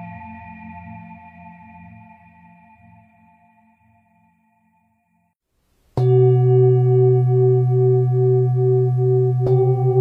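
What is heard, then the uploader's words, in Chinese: A singing bowl rings out and slowly fades, its low tones wavering, until near silence by about five seconds. At six seconds a sharp strike brings a loud, full, pulsing ring with a steady throb, and a second strike near the end shifts the tone. 大肠结肠频率176Hz丨颂钵。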